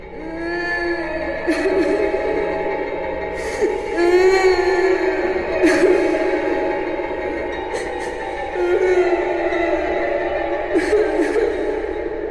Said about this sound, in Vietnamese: Tiếng khóc nức nở nghẹn ngào, nghe vô cùng thống thiết, hệt như tiếng khóc bên linh cữu của người chết lúc đưa mà, vang lên giữa rừng sâu trong đêm khuya thanh vắng, lại càng thê lương, khiến người ta nghe mà sợn da gà.